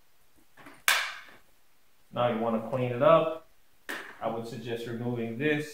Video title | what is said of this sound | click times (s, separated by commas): Shark Rocket Ultra Light HV382 Stick Vacuum | snaps back in now | 0.9 s